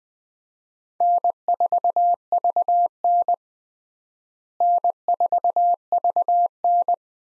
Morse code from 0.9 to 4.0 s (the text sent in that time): N4VN